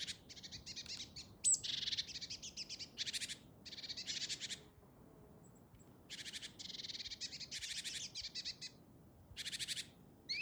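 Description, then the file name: Great tit churrs: a dense run of buzzy, pulsed rattling bursts, some with a high rising squeak, broken by a brief silence midway. "Parus major"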